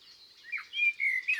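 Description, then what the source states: Common blackbird song: a brief, soft whistled phrase that slides and wavers. In woods and forests.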